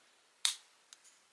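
A bit of an 8-in-one multi-bit screwdriver with an LED flashlight is folded back into its stowed position in the handle and locks in with a loud, sharp snap at 0.45 s. A much fainter tick follows at 0.9 s. The bit is seated and locked in the handle.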